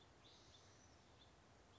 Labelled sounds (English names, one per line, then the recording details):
House Finch
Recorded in Sonoma County, California